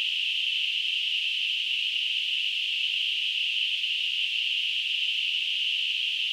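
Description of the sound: A steady, unchanging high-pitched hiss, a narrow band of noise centred around 3 kHz, runs for about six seconds without pauses or variation. It is a simulated tinnitus sound, imitating the constant hissing ringing heard in the ears.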